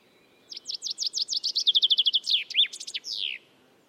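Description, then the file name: Common chaffinch singing one full phrase: bright chirps that accelerate into a fast descending trill, closing with a sharp twist and a sweeping downslurred end note. "Fringilla coelebs"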